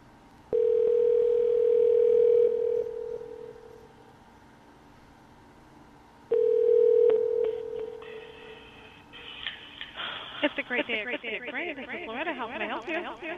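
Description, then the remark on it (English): A steady telephone tone sounds twice, each burst lasting a couple of seconds with a pause between, followed by a warbling, fluttery connection noise as a call back to a caller goes through. “I guess we gotta call him back one more time.”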